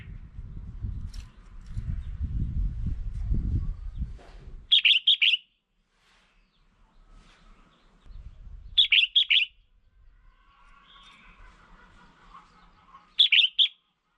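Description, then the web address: Red-whiskered bulbul calls: three quick, bright multi-note bursts spaced about four seconds apart, with a low rumbling noise at the start. Female. "tieng chao mao mai. tieng dong vat"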